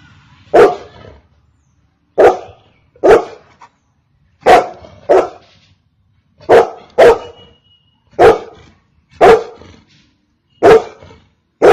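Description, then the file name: Golden retriever giving a steady series of about eleven sharp barks, roughly one per second, some in quick pairs, with nothing else clearly heard. "Golden retriever Dog"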